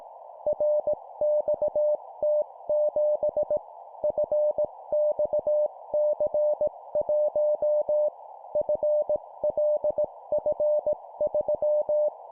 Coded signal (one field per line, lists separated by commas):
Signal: Morse code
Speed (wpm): 18 wpm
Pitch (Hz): 600 Hz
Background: none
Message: RXT7 FXC1 FLF3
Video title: 17wpm Four letter words letter,letter,letter,number, morse code course